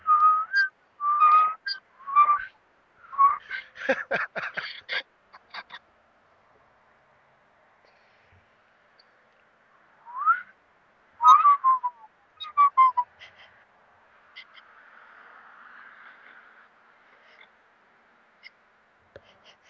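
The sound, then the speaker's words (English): Someone whistles the Jeopardy theme tune in short, bright melodic phrases, stops for a few seconds, then picks the melody up again before trailing off into a faint, breathy hiss. “I was trying to do the Jeopardy song, but I heard an echo, so it was all bad.”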